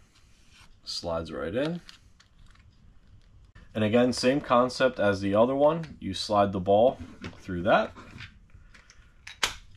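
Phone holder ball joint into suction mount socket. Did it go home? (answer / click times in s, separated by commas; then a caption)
yes / 9.3 s, 9.4 s. Someone talks while the plastic ball joint of a phone holder is slid through the socket of a suction mount. It snaps in and locks into place with sharp clicks at 9.3 s and 9.4 s.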